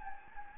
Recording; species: mosquito wingbeat signal from an infrared sensor; Anopheles gambiae